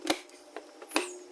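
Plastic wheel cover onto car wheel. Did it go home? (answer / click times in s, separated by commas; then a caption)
yes / 0.1 s, 1.0 s. A plastic aero wheel cover on a Tesla Model Y is pressed back onto the wheel after a tire rotation. Its retaining clips snap into place with two sharp clicks at about 0.1 s and 1.0 s, with fainter taps in between. The cover is seated.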